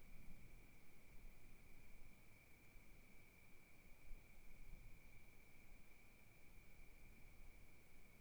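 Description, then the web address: Cricket trilling, a steady unbroken high buzz held throughout, under low rumbling gusts of wind. Wild crickets recorded at night at Kiger Lookout, Oregon, in 2015, in wilderness, with gentle wind gusts. "Sonniss com - GDC 2018-Game Audio Bundle Discover Oregon - Wilderness Crickets Crickets 2015 Kiger Lookout Night Crickets Gusts Gentle"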